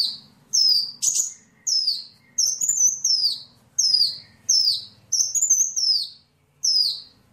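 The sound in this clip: Bird song: clear high notes slurring downward, given singly or in quick pairs.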